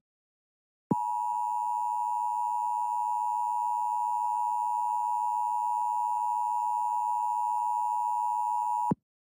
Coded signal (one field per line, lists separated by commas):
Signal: Emergency Alert System (SAME) tones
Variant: 853 and 960 Hz attention tone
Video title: 2021 National Emergency Alert System Test Compilation